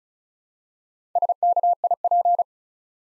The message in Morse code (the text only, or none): SKIP